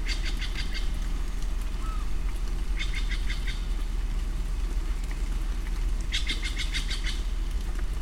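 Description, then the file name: Steller's jay calling in three harsh, chattering series of quick rasping notes, separated by pauses of a few seconds, over a steady low rumble. Recorded on 30 September 2008. "20080930 stellersjay"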